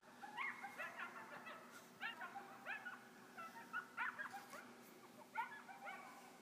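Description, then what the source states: Red fox kits giving high, whiny yelps and squeals in short, irregular bursts over a steady low hum. Kits, young animals.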